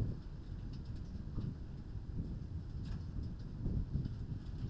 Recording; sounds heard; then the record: poultry house recording; no chicken sound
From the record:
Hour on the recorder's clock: 21